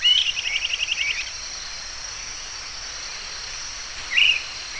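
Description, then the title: Bird song: a quick trill of evenly spaced high notes at the start, then a short chirp later, over a steady high insect buzz. "LuckyPassaro Completos2Sama"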